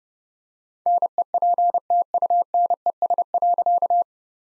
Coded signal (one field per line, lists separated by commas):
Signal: Morse code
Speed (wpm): 29 wpm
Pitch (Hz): 700 Hz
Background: none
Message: NEPTUNES.